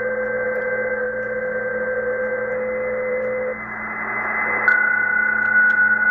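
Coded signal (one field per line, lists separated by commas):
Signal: PSK31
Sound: steady narrow warbling tones over band-limited receiver hiss, one tone shifting pitch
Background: radio static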